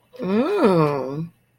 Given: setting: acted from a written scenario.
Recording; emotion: vocal sound without words; desire